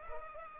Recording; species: mosquito wingbeat signal from an infrared sensor; Culex pipiens